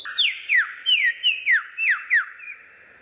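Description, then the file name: Lyrebird song: a fast string of about eight loud downslurred whistles, roughly three each second. Song variations. "suara lyrebird variasi"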